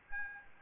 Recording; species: mosquito wingbeat signal from an infrared sensor; Aedes albopictus